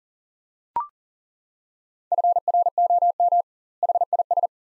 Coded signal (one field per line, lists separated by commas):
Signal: Morse code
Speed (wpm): 39 wpm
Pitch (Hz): 700 Hz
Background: none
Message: FROM HIS